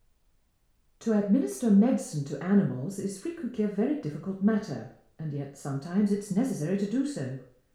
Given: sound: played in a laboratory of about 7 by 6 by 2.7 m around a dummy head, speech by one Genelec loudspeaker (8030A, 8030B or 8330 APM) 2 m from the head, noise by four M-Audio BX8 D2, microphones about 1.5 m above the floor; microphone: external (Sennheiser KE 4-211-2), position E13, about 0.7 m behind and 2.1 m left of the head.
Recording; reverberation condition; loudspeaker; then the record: female speech in English; medium; 120 degrees to the left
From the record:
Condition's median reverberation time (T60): about 510 ms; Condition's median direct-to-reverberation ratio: about -0.5 dB